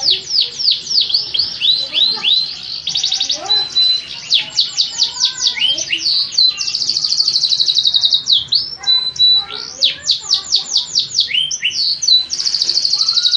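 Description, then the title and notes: Atlantic Canary song, a dense run of high rapid trills, sweeping notes and buzzy rolls, shifting phrases continuously without pause. Domestic canary master song used for training other canaries. "Suara Burung Kenari Masteran. master suara burung kenari mantap"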